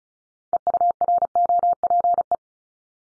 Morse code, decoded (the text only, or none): EUROPE